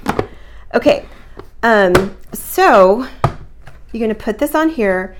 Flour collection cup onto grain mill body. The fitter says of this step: that would be something to looking for right there I snapped it it I didn't snap it in before okay